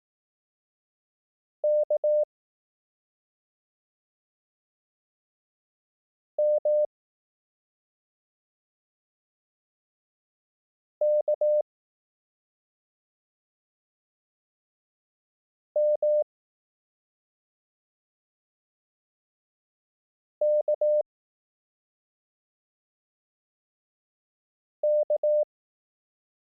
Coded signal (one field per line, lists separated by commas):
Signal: Morse code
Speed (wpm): 18 wpm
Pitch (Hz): 600 Hz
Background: none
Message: K M K M K K